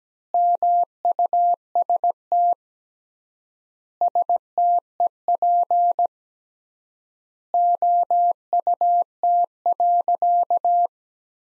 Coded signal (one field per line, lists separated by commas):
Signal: Morse code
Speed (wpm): 17 wpm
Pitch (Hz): 700 Hz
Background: none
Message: MUST STEP OUT.